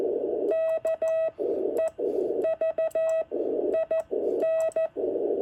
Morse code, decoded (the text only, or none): KEVIN